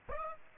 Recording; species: mosquito wingbeat signal from an infrared sensor; Aedes aegypti